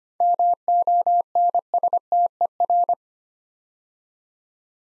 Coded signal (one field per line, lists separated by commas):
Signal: Morse code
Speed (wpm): 25 wpm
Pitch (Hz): 700 Hz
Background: none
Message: MONSTER